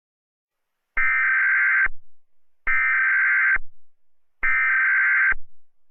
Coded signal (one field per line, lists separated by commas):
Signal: Emergency Alert System (SAME) tones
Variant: header bursts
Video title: EAS Scenario #49: Mickey Error 5: The Return Of Mickey Error: It All Ends My Friend!